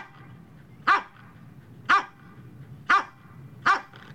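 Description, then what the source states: Dog barking about once a second, four clipped barks over a soft background rumble, with another just starting at the end. Medium-sized dog, barking.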